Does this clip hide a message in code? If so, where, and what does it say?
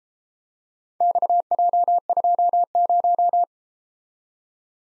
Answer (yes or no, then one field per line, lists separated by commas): yes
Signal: Morse code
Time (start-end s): 1.0-3.4 s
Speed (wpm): 30 wpm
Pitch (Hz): 700 Hz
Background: none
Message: XJ20